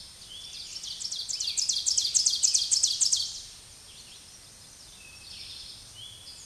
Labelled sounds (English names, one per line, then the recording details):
Ovenbird song
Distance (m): 25 m
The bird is about 10 m above the microphone
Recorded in a Pennsylvania forest on 16 May 2024 at 06:33
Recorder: AudioMoth, point MSD-2083
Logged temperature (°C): 16.7 °C
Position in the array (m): 129 m, 2 m